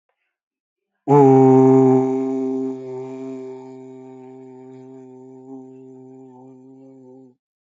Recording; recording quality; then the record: sustained vowel as in boot; excellent, no background noise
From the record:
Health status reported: healthy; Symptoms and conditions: cough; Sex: male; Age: 37 years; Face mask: not worn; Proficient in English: yes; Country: India